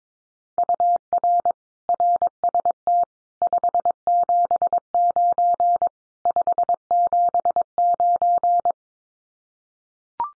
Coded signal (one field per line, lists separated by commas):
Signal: Morse code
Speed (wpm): 22 wpm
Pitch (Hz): 700 Hz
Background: none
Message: UR RST 579 579